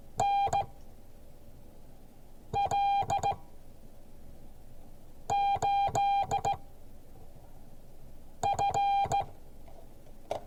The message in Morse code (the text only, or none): NL8F